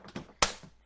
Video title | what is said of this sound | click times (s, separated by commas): Leakproof Glass Containers - Restyled versus older set. | So you can hear them snap | 0.4 s